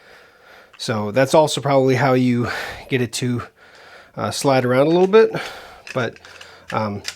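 Someone talks while handling the sliding battery compartment section on the mount of a Lutron Caseta roller shade, moving it out from its mounting position. Nothing has seated or clicked yet.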